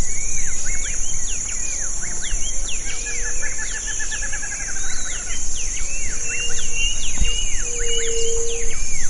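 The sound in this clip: Bird calls, a busy series of short sweeping and chirping notes, some in quick trills, over a steady high insect-like hiss and low rumble.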